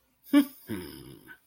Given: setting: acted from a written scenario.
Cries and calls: vocal sound without words; pride

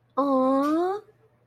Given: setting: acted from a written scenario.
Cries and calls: vocal sound without words; adoration

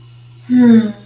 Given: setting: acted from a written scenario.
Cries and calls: vocal sound without words; romantic love

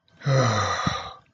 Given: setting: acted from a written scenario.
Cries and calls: vocal sound without words; relief

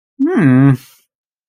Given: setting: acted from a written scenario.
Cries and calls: vocal sound without words; neutral

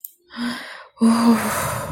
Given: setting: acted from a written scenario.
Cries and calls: vocal sound without words; relief

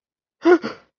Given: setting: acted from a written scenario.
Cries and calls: vocal sound without words; negative surprise

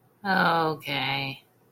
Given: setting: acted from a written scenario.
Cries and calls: vocal sound without words; realization

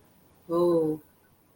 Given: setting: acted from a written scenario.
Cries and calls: vocal sound without words; awe

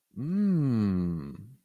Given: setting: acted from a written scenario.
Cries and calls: vocal sound without words; ecstasy

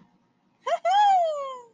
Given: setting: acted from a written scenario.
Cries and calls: vocal sound without words; triumph

